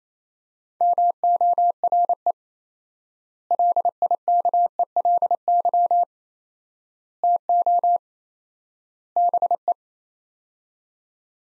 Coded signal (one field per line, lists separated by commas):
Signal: Morse code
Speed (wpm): 28 wpm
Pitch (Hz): 700 Hz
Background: none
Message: MORE LIKELY TO BE